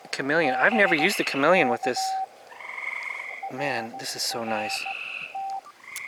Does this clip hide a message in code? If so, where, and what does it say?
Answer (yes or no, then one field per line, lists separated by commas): yes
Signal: Morse code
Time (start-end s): 0.4-5.6 s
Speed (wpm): 17 wpm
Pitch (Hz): 770 Hz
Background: speech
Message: BK RR T